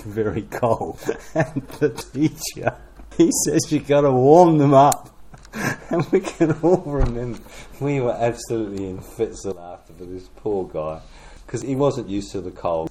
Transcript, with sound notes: very cold, and the teacher, [chuckle] he says, “You’ve got to warm them up.” [Laughter] And we can all remember… we were absolutely in fits of laughter for this poor guy, because he wasn’t used to the cold.